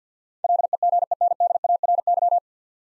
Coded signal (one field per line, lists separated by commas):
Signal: Morse code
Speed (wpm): 50 wpm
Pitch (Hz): 700 Hz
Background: none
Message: LEGENDARY